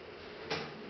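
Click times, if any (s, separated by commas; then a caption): 0.5 s. The plastic holder of a Scrubbing Bubbles One Step toilet cleaner dispenser is pushed onto its mount, which is fixed to the toilet bowl by a suction cup. Against a steady low hiss, a single sharp snap sounds at 0.5 s as the holder seats in place.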